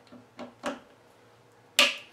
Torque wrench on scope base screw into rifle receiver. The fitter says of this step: here it click